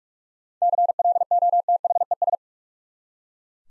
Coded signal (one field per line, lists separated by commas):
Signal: Morse code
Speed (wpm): 43 wpm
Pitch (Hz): 700 Hz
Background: none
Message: CLOTHES